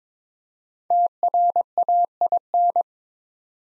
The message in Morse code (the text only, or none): TRAIN